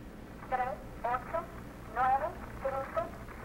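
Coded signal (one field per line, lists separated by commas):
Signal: numbers station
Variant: Atención, Spanish female voice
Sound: a woman's voice reading short spoken numbers in Spanish, one by one, through hiss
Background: radio static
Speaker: Here's one that comes out of Cuba called Atención. Basically the same thing. She's repeating numbers in Spanish.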